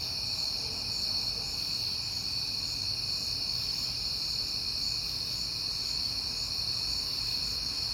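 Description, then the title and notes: Cricket chorus, high and unbroken, with a faint low rumble in the background. Crickets heard often in September; recorded on a peaceful night. "Night Time: Crickets and Passing Cars. It is September and I have been hearing the crickets a lot, but finally had a peaceful night to make the recording"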